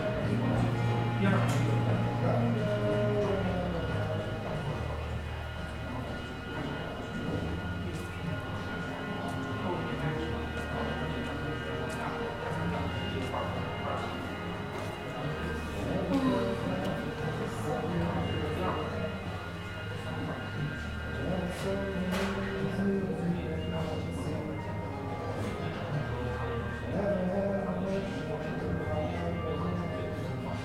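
Sitting in a café: a steady murmur of overlapping voices fills the whole half-minute, with a low hum running underneath that swells and drops every few seconds. Scattered clicks and clinks of cups or cutlery pop out now and then, most clearly around 16 and 22 seconds.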